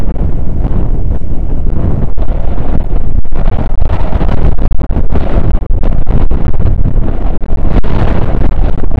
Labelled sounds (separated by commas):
wind